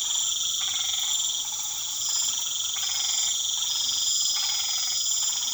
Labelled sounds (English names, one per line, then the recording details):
none
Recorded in pastures near Puerto Asís, Putumayo, Colombia, on 8 March 2025 at 19:30
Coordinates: 0.487, -76.322
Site G077